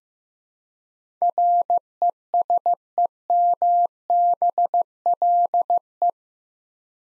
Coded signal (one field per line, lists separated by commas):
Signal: Morse code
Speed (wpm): 15 wpm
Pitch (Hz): 700 Hz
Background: none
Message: RESEMBLE